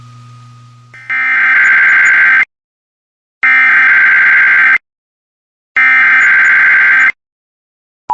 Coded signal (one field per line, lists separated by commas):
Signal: Emergency Alert System (SAME) tones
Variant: header bursts